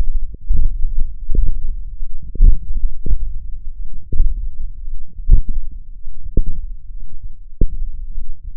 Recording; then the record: forearm muscle sounds (acoustic myography)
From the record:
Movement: hook grip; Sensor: system 1, eight BSWA MPA416 microphones around the upper forearm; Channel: 8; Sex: male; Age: 20 years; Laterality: left